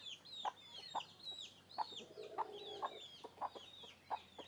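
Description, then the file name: Chicken calls: shrill downward chick peeps overlap, with a few sharp hen clucks and a brief low churring note mid-way. Hens and chicks walking around the microphone. "Galinhas e pintinhos andando em volta do microfone"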